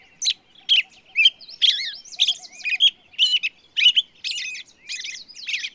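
Bird song: quick bursts of high twittering and trilled notes, over a soft train of low pulses in the first half.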